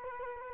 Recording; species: mosquito wingbeat signal from an infrared sensor; Culex quinquefasciatus